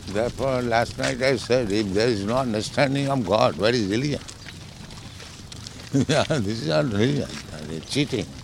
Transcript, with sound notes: Therefore last night I said, "If there is no understanding of God, where is religion?" [chuckles] This is not religion, the cheating.